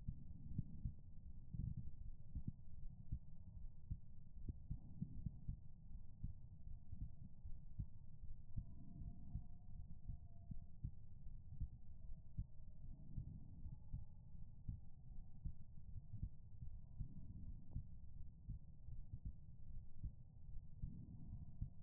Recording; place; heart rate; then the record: heart sounds by stethoscope; pulmonary valve (PV); 73 bpm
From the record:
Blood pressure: 104/75 mmHg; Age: 28 years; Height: 163 cm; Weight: 60 kg